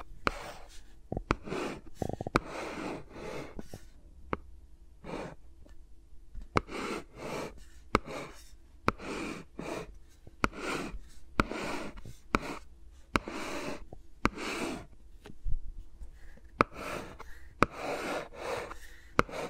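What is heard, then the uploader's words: Fingers rub and brush around the microphones in short rustling swipes, one after another with brief gaps between them. Sharp little taps or clicks cut through every second or two, and a faint low hum sits underneath throughout. No voice is heard. ASMR with Mics Around My Fingers (No Talking).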